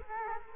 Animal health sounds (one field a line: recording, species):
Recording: mosquito wingbeat signal from an infrared sensor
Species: Culex quinquefasciatus